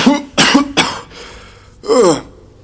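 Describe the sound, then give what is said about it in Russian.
Harsh, raspy coughing: three or four rough, loud bursts in quick succession, then a short pause before a final strained, throaty cough with a hoarse, voiced edge. No speech. “Сотрясаясь от жуткого кашля, дракон бросил взгляд на своего спасителя.”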